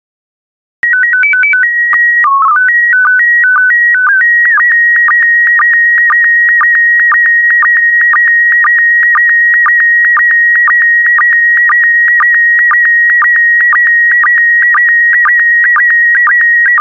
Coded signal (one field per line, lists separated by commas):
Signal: SSTV (slow-scan television)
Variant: PD 120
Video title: 166035 Images of Turkey SSTV PD120